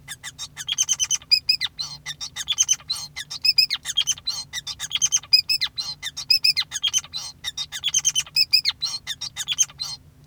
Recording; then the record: song of a male Bengalese finch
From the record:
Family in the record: son of father 5